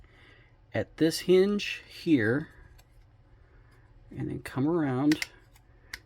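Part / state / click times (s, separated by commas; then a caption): hinged plastic panel into the figure body / seated / 5.9 s. Someone talks while a hinged plastic panel on a Transformers Studio Series 86 Thundercracker figure is rotated at a second hinge and brought around onto the figure body. A short, sharp click at 5.9 s marks the panel popping into place, seated.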